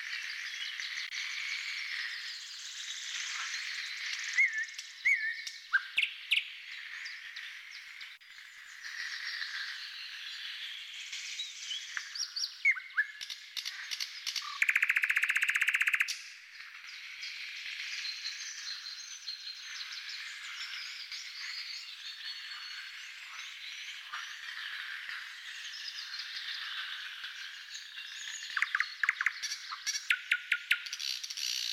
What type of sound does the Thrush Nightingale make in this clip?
song